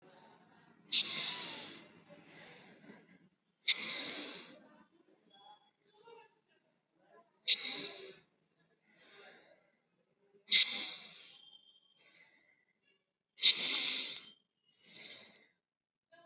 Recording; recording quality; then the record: deep breathing; excellent, no background noise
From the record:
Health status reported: COVID-19 positive, moderate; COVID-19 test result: positive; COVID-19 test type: RT-PCR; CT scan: not taken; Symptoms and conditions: cough, sore throat, fatigue, diarrhoea, hypertension, diabetes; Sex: male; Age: 72 years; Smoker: no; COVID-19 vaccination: both doses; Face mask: worn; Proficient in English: no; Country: India